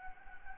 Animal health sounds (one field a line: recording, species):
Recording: mosquito wingbeat signal from an infrared sensor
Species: Anopheles gambiae